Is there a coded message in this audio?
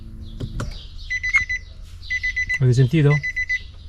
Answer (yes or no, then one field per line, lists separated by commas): no